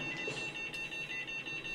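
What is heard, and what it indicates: Steady, high-pitched electronic tones sound in a repeating beeping pattern over a quiet room. This is a pulse oximeter alarm for falling blood oxygen saturation, reading 89, with decreased breath sounds on the left; a collapsed lung or a mucus plug is suspected while the patient is on 100% oxygen. It comes from an acted medical drama.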